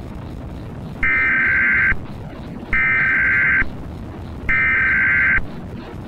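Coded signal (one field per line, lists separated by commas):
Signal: Emergency Alert System (SAME) tones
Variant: header bursts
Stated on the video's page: Fictional, simulated EAS scenario about Earth pulled out of orbit.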